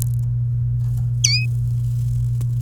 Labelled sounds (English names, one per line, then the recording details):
Domestic Canary song
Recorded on 29 April 2018 at 05:42
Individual llb3